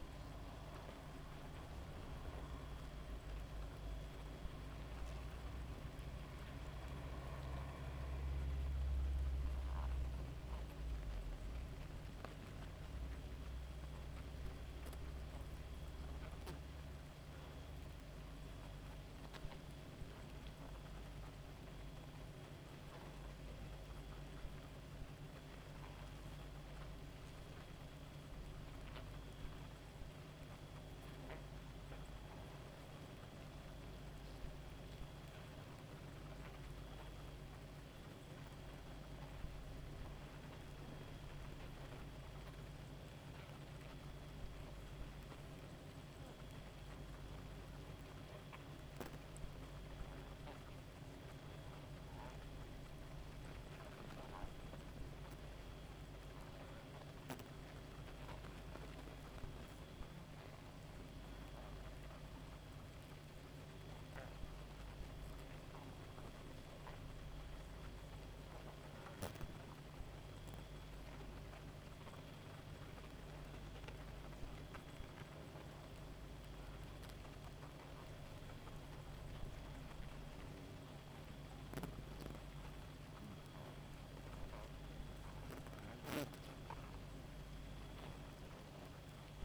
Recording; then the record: honeybee colony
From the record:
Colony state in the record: active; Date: 28 July 2017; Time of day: 1:36